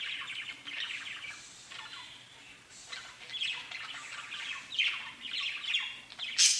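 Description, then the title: Budgerigar warbling chatter, soft scratchy notes with occasional sharper chirps, growing louder toward the end. "Budgie Sounds"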